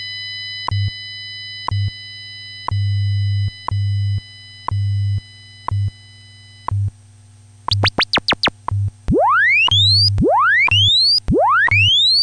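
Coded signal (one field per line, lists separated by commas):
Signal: radio time signal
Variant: WWV scientific modulation test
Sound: several steady tones in on-off segments, a quick burst of clicks, then five rising chirps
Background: low hum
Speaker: follows is a scientific modulation test for more information visit hamside.org wwv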